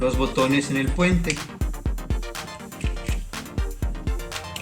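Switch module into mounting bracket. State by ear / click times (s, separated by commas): not seated / none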